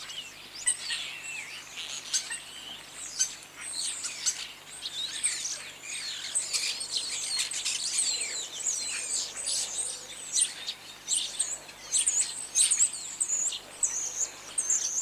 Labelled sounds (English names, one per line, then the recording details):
European Starling call
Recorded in the wild
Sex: group
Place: Lübars, Berlin, DE
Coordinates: 52.6167, 13.35
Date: 2004-09-25 10:25
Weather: cloudy, 13°C
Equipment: Sony WM-D6C, Sennheiser ME 80, Kopie Uher 4000 Report Monitor
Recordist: Tembrock, Günter